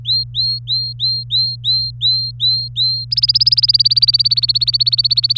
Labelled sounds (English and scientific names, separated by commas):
Domestic Canary (Serinus canaria) song